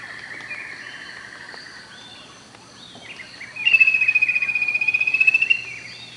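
Bird giving a long, fast trill of even, high pulses that holds steady for about two seconds, after softer high chirps and notes earlier on.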